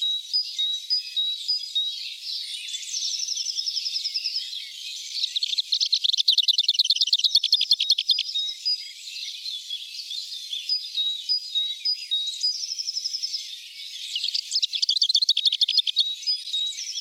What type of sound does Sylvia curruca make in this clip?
song